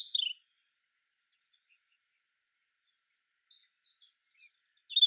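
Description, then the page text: European robin song: a short high descending phrase at the start, a soft trickle of notes in the middle after a quiet gap, and another phrase beginning at the end. "Птицы-целители - Зарянка (Erithacus rubecula)"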